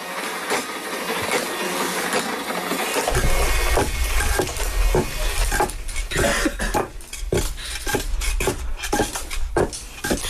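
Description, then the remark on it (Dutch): A mechanical printer whirring and clattering, layered with sharp hollow knocks of a wooden clog and steady ticks of a clock, building into a busy, irregular rhythm of clicks and thumps over a low rumble. “Het was een printer, een klomp en een klok.”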